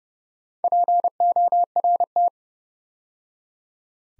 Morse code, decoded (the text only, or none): PORT